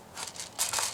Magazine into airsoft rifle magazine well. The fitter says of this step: push it very hard, not a soft little click, a very loud click.